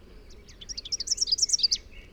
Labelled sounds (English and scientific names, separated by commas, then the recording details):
Rufous-capped Warbler (Basileuterus rufifrons) song
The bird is a male
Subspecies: rufifrons
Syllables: 15
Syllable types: 7
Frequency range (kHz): 3.0-7.9 kHz
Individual MO-NRS-M